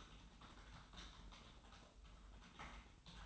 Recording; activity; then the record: daily activity, microphone in the room; typing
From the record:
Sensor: 3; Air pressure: 990.9 hPa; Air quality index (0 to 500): 139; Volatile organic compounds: 261 ppm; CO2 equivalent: 4388 ppm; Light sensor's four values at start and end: 36/88/35/34 and 36/88/35/34